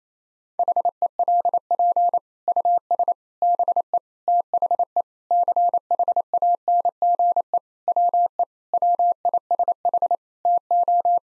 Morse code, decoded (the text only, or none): HELP US BE THE CHANGE WE WISH TO